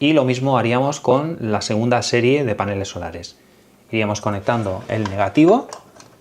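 Someone talks while handling the second solar panel string's PV cable connectors, which go into the DC input of a hybrid inverter and are pushed until they click. Two short, faint ticks sound at the very end, around 6.0 s and 6.2 s, but nothing has seated or clicked yet.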